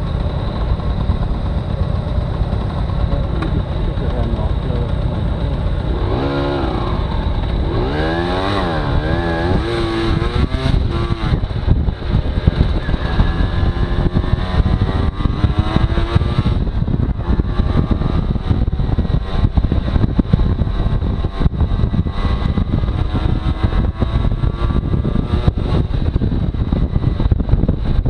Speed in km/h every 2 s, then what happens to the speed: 0, 0, 0, 6, 22, 22, 26, 32, 34, 35, 38, 42, 42, 42.
0-5 standing. 5-22 pulls away to 42. 22-28 steady at about 42.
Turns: none.